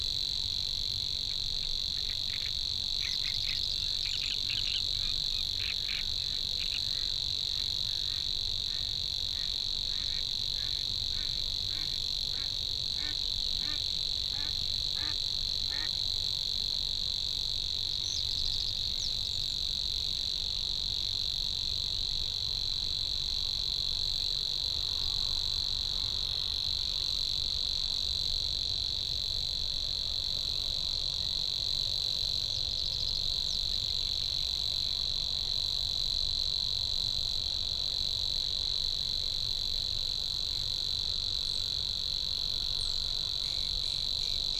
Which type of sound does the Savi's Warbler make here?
song